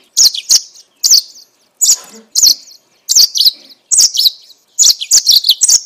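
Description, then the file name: Yellow-fronted canary singing in short bright bursts, each a quick cluster of high chirps and slurred whistles separated by brief pauses. Mozambique singer used for training captive birds. "mozambik omkicau"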